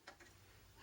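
A plastic sewing-machine bobbin is pushed onto the bobbin winder spindle and clicks into place at 0.1 s. A softer tick follows at 0.2 s, then quiet low hum, and the bobbin is seated on the winder.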